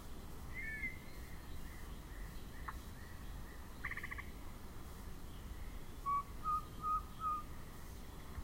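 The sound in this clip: Yellow-breasted chat: a few scattered notes and a short harsh burst, then four clear whistled notes in quick, regular succession toward the end.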